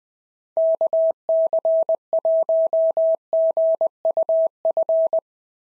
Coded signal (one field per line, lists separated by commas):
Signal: Morse code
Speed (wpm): 18 wpm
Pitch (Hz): 650 Hz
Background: none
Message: KC1GUF